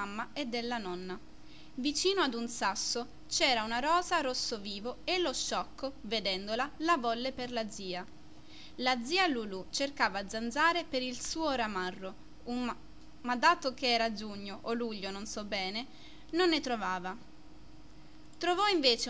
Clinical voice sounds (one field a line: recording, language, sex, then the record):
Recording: read passage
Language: Italian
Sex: female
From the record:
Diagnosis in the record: healthy control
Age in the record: 20 years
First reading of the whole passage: 47 s, 11.1 characters per second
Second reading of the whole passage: 49 s, 10.5 characters per second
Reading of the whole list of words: 45 s, 6.2 characters per second